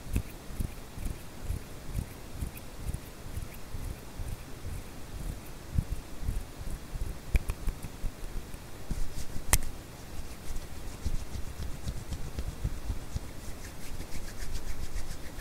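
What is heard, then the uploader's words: Hand sounds over a steady bed of white noise: soft, irregular rubbing and patting thumps sit low throughout. A couple of sharp clicks stand out, near seven and a half seconds and again near nine and a half. HAND SOUNDS ASMR NO TALKING, WHITE NOISE FOR SLEEPING, HAND SOUNDS WITH WHITE NOISE.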